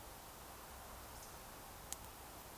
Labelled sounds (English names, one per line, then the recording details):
Eurasian Woodcock whistle
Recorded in Baden-Württemberg, Germany, on 29 June 2020 at 02:30 UTC
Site 43791, 788 m above sea level